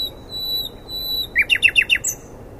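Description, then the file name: Common nightingale song: drawn-out pure high whistles, then four or five quick, loud, downslurred notes and a thin high flourish. "Luscinia megarhynchos"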